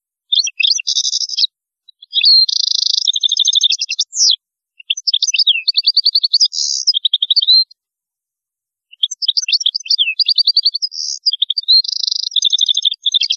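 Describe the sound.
European goldfinch singing a fast, jumbled stream of bright twittering notes, trills and short buzzes, broken by a few brief pauses.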